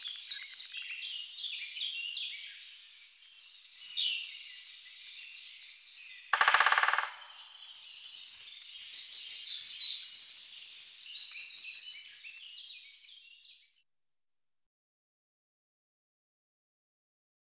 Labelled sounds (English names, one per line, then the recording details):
Great Spotted Woodpecker drumming
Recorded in the wild
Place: Lilienhof / Kaiserstuhl, Baden-Württemberg, DE
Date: 2009-05-03
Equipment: MiniDisc Sharp MT 20 H
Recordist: Schwarz, Dieter